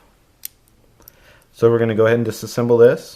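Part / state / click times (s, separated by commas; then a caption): trigger connector on pistol trigger mechanism housing / released / 0.4 s. A little pressure flips the steel trigger connector off the trigger mechanism housing of a Glock 17 Gen 3 RTF2 pistol. It snaps off sharply at 0.5 s, releasing the connector, followed by faint small clicks. Someone then talks from about 1.6 s.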